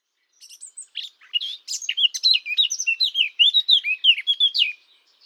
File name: sylvia atricapilla